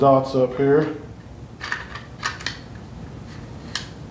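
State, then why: Seated. Someone talks while twisting a metal Fotasy Canon EOS to M43 lens adapter onto the bayonet of a Sigma 70-300mm EF telephoto lens, with a few faint ticks from the turning. At 3.8 s the spring lock engages with a sharp click, and the adapter is seated and locked into place.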